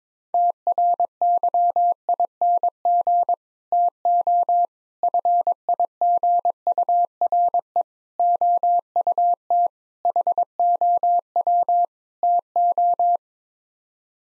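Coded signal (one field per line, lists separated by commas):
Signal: Morse code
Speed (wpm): 22 wpm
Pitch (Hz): 700 Hz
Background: none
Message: TRYING TO FIGURE OUT HOW TO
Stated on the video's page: Morse code practice at 22 wpm: sets of six common English words, each sent in Morse, then spoken, then sent again, for head-copy training.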